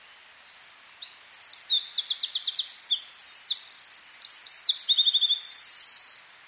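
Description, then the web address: Eurasian wren in full song: a burst of about six seconds of rapid, piercing trills and rattling runs, one after another at high pitch. "SETE data Troglodytes troglodytes"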